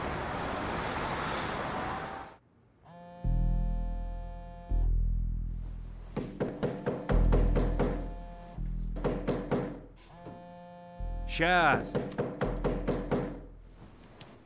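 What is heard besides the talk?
knocking on a door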